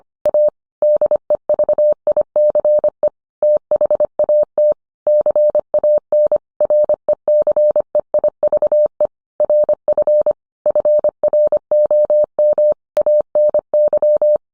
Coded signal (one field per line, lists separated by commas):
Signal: Morse code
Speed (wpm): 25 wpm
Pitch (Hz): 600 Hz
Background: none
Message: A DEVICE THAT CAN RECEIVE RF FROM ANY